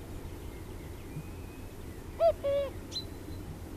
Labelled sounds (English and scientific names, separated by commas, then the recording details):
Common Cuckoo (Cuculus canorus) song, Great Tit (Parus major), Common Chiffchaff (Phylloscopus collybita)
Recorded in the wild
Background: Parus major, Phylloscopus collybita
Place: Garmisch-Partenkirchen, Bayern, DE
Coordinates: 47.4931, 11.0633
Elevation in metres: 784
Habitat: mountains
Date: 1968-04-19
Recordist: Tretzel, Erwin
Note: Almhütte: Gesang